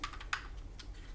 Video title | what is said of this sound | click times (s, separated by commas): Machenike G5 Pro V2 Review - Great Buttons and Dpad, JH20 sticks | you put it in you hear a click | 0.3 s